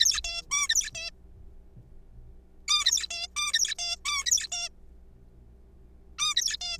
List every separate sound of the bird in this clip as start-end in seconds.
0.00-0.21, 0.24-0.42, 0.51-0.69, 0.69-0.90, 0.95-1.10, 2.68-3.06, 3.11-3.27, 3.36-3.74, 3.79-3.96, 4.05-4.26, 4.26-4.47, 4.52-4.69, 6.19-6.34, 6.36-6.57, 6.61-6.78